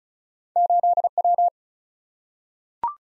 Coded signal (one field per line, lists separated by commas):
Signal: Morse code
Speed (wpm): 36 wpm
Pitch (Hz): 700 Hz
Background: none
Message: 8W